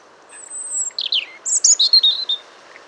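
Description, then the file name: European robin song phrase: a thin high whistle, then a quick run of tumbling, twittering notes sliding downward, ending in a short series of high notes. "Erithacus rubecula"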